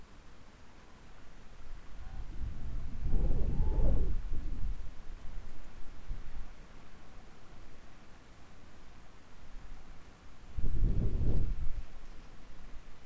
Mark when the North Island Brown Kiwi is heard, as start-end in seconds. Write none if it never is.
none